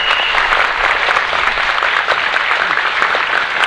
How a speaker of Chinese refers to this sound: 好，我们好不好？用热烈的掌声来欢迎我们第一次来的朋友。